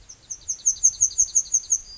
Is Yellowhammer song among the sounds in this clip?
yes